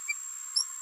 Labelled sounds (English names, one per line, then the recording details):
Green-rumped Parrotlet babbling
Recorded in a nest box in Venezuela
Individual 18B17A4